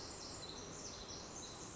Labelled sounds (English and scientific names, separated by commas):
Pacific Wren (Troglodytes pacificus)